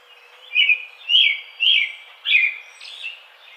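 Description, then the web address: American robin giving four loud, slurred caroling phrases roughly every half second, followed by a softer, fainter phrase at the end. Recorded 4 May 2009. "American Robin 2009 05 04"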